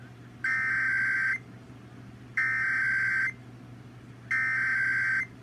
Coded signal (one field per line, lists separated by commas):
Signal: Emergency Alert System (SAME) tones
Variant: header bursts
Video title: Required Monthly Test (102.9 FM) | EAS #111